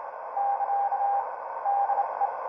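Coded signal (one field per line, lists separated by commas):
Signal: Morse code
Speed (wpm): 27 wpm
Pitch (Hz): 800 Hz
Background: none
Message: <KA> DE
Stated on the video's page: HF CW beacon built from an ATMega328 and si5351, sending a hard-coded Morse message as a test signal for receivers and antennas.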